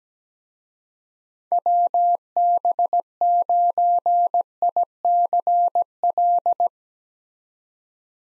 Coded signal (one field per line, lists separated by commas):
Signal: Morse code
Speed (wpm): 17 wpm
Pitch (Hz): 700 Hz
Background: none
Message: WB9ICL